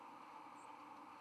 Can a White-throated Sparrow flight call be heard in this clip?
no